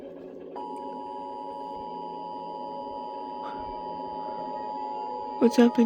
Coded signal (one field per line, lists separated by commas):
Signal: Emergency Alert System (SAME) tones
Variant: 853 and 960 Hz attention tone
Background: speech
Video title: EAS Scenario: 9/11 (NOT FOR YOUNG CHILDREN)